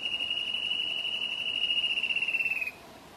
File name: Canto do chocao carijo